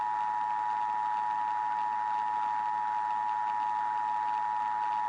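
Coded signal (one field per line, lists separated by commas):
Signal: Emergency Alert System (SAME) tones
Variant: 853 and 960 Hz attention tone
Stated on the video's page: Fictional EAS horror scenario, a simulated alert rather than a real broadcast.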